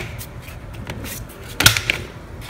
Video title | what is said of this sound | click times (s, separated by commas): How To Replace The Valve Cover Gasket On A BMW 3 Series E46 | then push the bottom around until it clicks. | 1.6 s, 1.7 s, 1.9 s